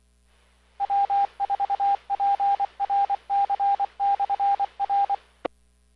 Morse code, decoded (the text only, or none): W4PRC/R